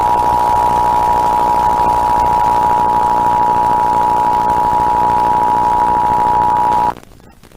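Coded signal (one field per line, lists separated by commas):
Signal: Emergency Alert System (SAME) tones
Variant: 853 and 960 Hz attention tone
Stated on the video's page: Compilation of EAS alerts by year, 1997 to 2010, including required weekly and monthly tests and weather and child abduction warnings.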